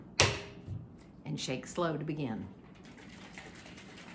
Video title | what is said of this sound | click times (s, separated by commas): What I Eat In A Day / Keeping It Simple | and as I always say, gotta hear the pop and | 0.2 s